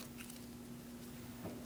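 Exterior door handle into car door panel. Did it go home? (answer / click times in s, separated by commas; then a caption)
no / none. A new left front exterior door handle with keyhole for a 2006-2011 Chevrolet HHR, engaged on its linkage rod, is handled at the door opening of the car door panel before being slid down into place. A low steady hum runs throughout, with a brief faint tick at about 0.3 s and a slightly louder rustle near 1.45 s. Nothing has clicked or seated yet.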